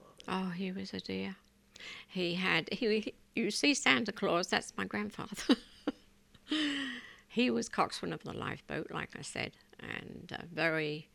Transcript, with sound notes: Oh, he was a dear. He had, you see Santa Claus, that's my grandfather. ( she laughs ) He was coxswain of the lifeboat, like I said, and very